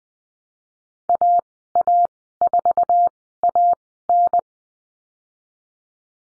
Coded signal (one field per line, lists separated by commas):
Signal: Morse code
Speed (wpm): 20 wpm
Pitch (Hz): 700 Hz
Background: none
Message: AA4AN